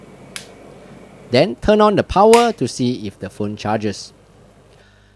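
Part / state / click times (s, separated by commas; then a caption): charger cable plug into phone charging port / seated / 0.4 s. With the phone case removed, a charger cable plug is pushed fully into a phone's charging port and seats with a single sharp click at 0.4 s. Someone then talks.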